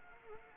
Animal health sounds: mosquito wingbeat signal from an infrared sensor; Anopheles arabiensis

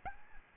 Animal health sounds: mosquito wingbeat signal from an infrared sensor; Aedes albopictus

